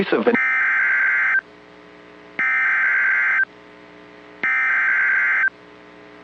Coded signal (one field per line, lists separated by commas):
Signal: Emergency Alert System (SAME) tones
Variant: header bursts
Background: speech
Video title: Early Saturday Morning Wake-up Call: EAS Alerts from the morning of March 8, 2025